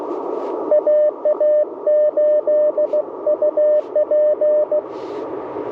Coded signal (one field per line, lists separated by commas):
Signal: Morse code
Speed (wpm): 21 wpm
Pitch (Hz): 590 Hz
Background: radio noise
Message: AA8UP